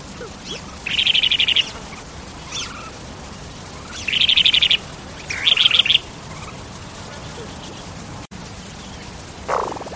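Bird giving buzzy, rapidly trilled calls in three bursts under a second long, plus a few softer notes and a final lower rasping sound.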